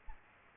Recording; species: mosquito wingbeat signal from an infrared sensor; Aedes aegypti